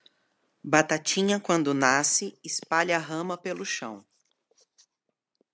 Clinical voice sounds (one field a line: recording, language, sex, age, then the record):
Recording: short text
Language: Brazilian Portuguese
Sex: female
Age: 40 to 49 years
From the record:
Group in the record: control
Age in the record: 43 years